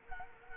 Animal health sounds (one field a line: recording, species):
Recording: mosquito wingbeat signal from an infrared sensor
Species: Culex quinquefasciatus